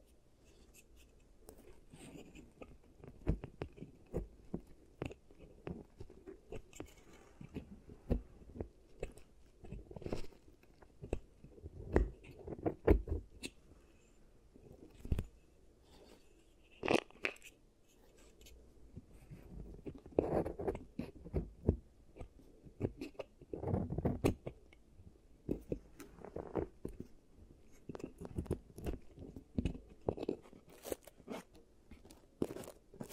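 Giant teeth treatment to fix cavities: a dense, irregular run of clicks, taps and short crunchy scrapes, mostly low and full-bodied with occasional brighter ticks. Louder bursts cluster around ten to thirteen seconds and again near twenty and twenty-four seconds, with brief quieter gaps between.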